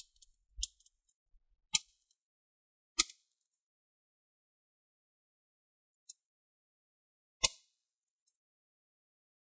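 A guitar pick pries around the plastic palm rest of an HP Stream 14 ax113 laptop, releasing the palm rest clips in the bottom cover one after another. Sharp plastic snaps ring out at 1.8, 3.0 and 7.4 seconds, with softer ticks around 0.6 and 6.1 seconds. The clips release and the case snaps open.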